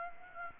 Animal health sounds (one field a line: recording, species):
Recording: mosquito wingbeat signal from an infrared sensor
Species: Aedes aegypti